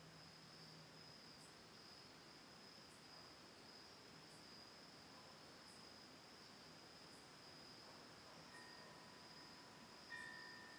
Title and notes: Autumn Night: Ithaca, New York. Recorded Oct. 10th 2020 from a lakeside home in Ithaca, New York. Sounds of crickets, birds and a single tolling windbell (Cosanti Bells)